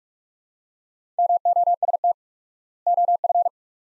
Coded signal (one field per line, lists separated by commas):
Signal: Morse code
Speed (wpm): 43 wpm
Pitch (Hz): 700 Hz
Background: none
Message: MOST OF